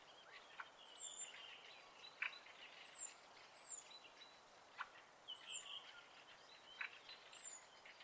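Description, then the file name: Birds singing: several high, thin whistled notes repeat throughout over mid-pitched chirps and short trills, with a steady soft hiss behind. Birds singing at night in spring. "Fugler Natt Vaar"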